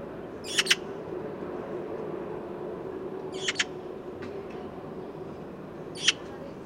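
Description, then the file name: Eurasian magpie uttering harsh, scratchy chack notes, the first two bursts doubled and the last single, three bursts a few seconds apart, with a constant low hum of background noise. "Pica pica"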